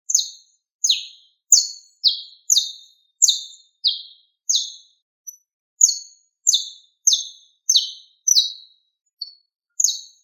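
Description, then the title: Bird repeats sharp, descending chirps in a loose series, with a few softer, shorter notes in between. "LuckyPassaros CompletosSama"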